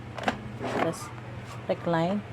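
The recline mechanism on the base of a navy blue Aprica Fladea Grow 360 Safety Plus AB Premium ISOFIX child car seat is adjusted upward. Two quick, sharp clicks at 0.2 s and 0.3 s mark the recline latch stepping into a notch and seating. Someone talks throughout.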